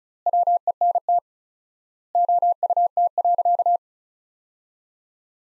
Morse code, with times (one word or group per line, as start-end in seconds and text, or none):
0.3-1.2 WENT
2.1-3.8 OUT.